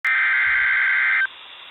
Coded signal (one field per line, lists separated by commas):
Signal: Emergency Alert System (SAME) tones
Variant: header bursts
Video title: EAS #56: Severe Thunderstorm Warning